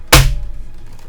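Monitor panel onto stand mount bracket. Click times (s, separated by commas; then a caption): 0.1 s. An Acer Predator XB271HU monitor panel is aligned with its stand's mounting hooks and pressed down onto the stand mount bracket. A loud, deep thunk at 0.1 s marks it latching into place, followed by a faint tap near 1.0 s. The panel is seated on the stand.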